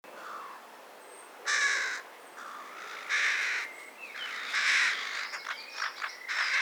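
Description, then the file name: Carrion crow giving harsh, hoarse caws, four loud ones spaced about a second and a half apart, with thin whistled notes of small birds chirping in the background. "Corvus corone"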